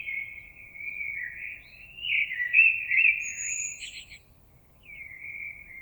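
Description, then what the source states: Common blackbird with a soft, flowing whistled warble that rises in strength midway, adds a thin high note, then trails into a quieter phrase. Recorded 26 April 2022.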